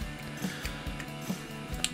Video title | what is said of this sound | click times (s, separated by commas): TYT TH-8600 Dual Band Mobile Part 1 | it locks into place now don't get me wrong it's Chinese janky | 1.8 s